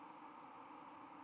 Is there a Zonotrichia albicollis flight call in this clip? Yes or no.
no